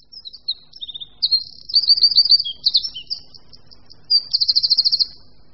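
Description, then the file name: Eurasian wren song of rapid high twitters, rattling runs and a crisp trill near the end. "Střízlík-obecný"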